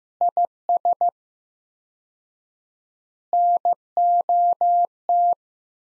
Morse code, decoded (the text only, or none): IS NOT